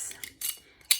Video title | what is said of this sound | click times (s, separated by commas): Zonesun Embossing Tool Review And Share | you'll sort of feel it click into place like so then | 0.9 s